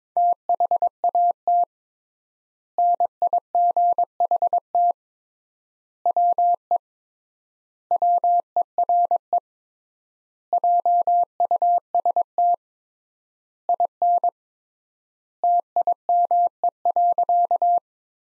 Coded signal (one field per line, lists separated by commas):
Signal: Morse code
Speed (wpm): 22 wpm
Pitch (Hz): 700 Hz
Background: none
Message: THAT NIGHT WE WERE JUST IN TIME.